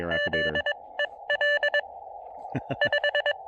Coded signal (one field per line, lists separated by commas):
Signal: Morse code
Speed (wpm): 22 wpm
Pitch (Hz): 590 Hz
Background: none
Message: Z EL 5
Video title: Foggy SOTA: Pairing the Elecraft KX2 and MPAS Lite for brilliant QRP fun on Craggy Dome!